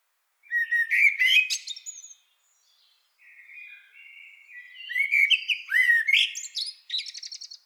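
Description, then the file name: Common blackbird singing two rich, mellow warbled phrases broken by softer quiet notes, each phrase ending in thin, high-pitched twittering. "Turdus merula"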